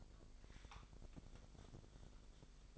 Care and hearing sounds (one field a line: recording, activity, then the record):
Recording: daily activity, microphone in the room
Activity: take from stove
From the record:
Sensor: 5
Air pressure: 999.4 hPa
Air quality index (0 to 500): 225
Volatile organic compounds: 22 ppm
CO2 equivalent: 2753 ppm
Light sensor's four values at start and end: 30/68/28/28 and 32/73/30/29